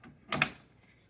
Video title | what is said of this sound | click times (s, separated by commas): 44. Trying out the Zero Breeze portable AC | and locks into place. | 0.3 s, 0.4 s